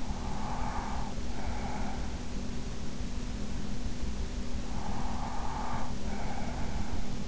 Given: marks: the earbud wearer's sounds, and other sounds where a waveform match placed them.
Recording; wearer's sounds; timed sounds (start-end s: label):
sounds in sleep by an in-ear microphone; breath
0.00-2.06 s: breath
4.58-6.98 s: breath